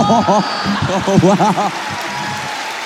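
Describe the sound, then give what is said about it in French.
An audience applauds in a steady wash of clapping, with bursts of hearty laughter rising over it before the applause carries on alone toward the end. “Les gens applaudissent.”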